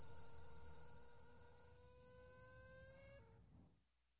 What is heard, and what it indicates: Hospital Ventilator Compressor Prime Up.